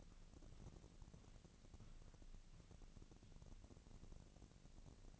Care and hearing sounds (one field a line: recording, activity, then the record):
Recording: daily activity, microphone in the room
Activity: walk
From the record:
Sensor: 4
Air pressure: 1013.0 hPa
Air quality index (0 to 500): 172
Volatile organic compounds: 2 ppm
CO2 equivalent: 1089 ppm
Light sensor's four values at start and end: 71/176/75/79 and 71/175/75/79